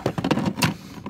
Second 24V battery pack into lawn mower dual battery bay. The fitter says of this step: i like that clicks right in there